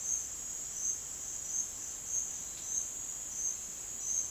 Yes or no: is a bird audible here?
no